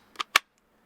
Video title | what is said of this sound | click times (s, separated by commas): WERKZ Holsters, Range Overview | very very positive clicks listen | 0.2 s, 0.4 s